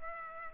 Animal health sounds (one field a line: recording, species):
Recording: mosquito wingbeat signal from an infrared sensor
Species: Culex pipiens